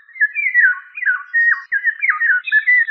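Eurasian golden oriole giving a run of whistled, slurred notes, several sliding sharply downward, with brief gaps between phrases; no other sounds stand out.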